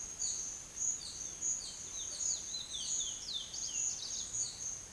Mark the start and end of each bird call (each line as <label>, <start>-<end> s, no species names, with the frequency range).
bird call (2.4-10.2 kHz), 0.00-4.66 s